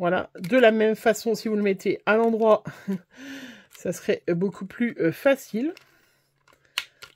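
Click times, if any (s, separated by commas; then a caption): 6.8 s. A plastic shutter strip is clipped back onto a plastic ruler, placed the right way round, while someone talks. After the talk stops, small taps lead to a sharp click at 6.8 s as the strip clips in and seats.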